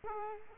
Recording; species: mosquito wingbeat signal from an infrared sensor; Culex quinquefasciatus